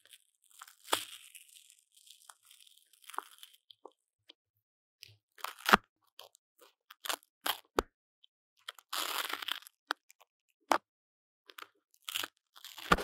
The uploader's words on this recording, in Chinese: 用紙膠帶裝飾雪怪MIC| Paper tape decorating the sound of the MIC | NoTalking。